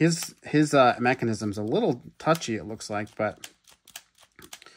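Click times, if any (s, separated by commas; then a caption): 4.0 s, 4.5 s. Someone talks while working the plastic frill of a new-version Dilophosaurus toy figure closed onto its neck, a mechanism that seems a little touchy. The frill closes with small clicks at 4.0 s and 4.5 s, with fainter ticks around them. It works, but it does not snap back as tightly as the other version.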